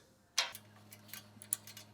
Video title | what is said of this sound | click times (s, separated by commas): CBI 2nd Gen Tacoma Bushmaster 2.0 Rear Bumper with Swing Arm Install | those are all locked into place | 0.4 s, 1.5 s